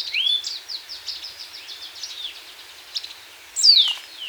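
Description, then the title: Black-crested warbler song: a rapid, high run of thin chipping and trilled notes over steady background hiss, then a sharper, louder downslurred note near the end. "Myiothlypis Nigrocristata"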